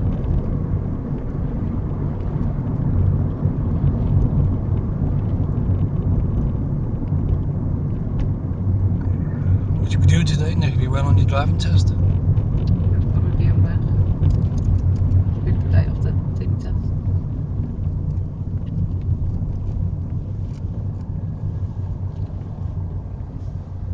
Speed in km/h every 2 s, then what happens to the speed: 42, 40, 37, 35, 34, 32, 31, 27, 23, 19, 15, 10.
0-24 slows to 10.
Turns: none.